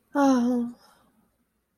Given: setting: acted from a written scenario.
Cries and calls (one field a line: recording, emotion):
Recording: vocal sound without words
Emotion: guilt